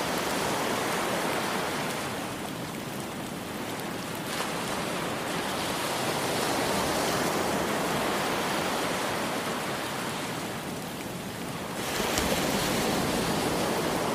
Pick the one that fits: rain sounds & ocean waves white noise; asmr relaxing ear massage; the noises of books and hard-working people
rain sounds & ocean waves white noise